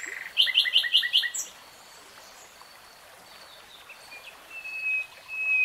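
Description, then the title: Nightingale song: a short, rhythmic series of repeated chirped notes, a pause, then a long thin whistle that grows louder at the end. Nightingale singing, recorded in real time. "[Tiếng chim hót] 3 Hours REALTIME Nightingale Singing"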